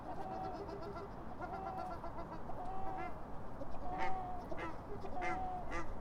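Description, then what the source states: Duck calls: nasal, honking notes repeated irregularly about every second, slightly louder in the second half, over a steady low rumble of background noise. Ducks calling loudly on a city pond.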